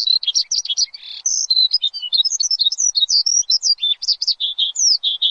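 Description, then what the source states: Javan bush lark singing a fast, varied stream of high chirps, trills and slurred notes, almost continuous with tiny gaps, no other sounds. Song used as a lure; described as gacor (singing constantly and loudly).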